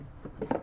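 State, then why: Seated. A wooden box from a mini barrister bookcase is set down onto the unit below so that a fitted wooden registration block slots into its gap. A lighter wooden tap at 0.4 s comes before a sharp wood-on-wood knock at 0.5 s, when the box drops and locks into place.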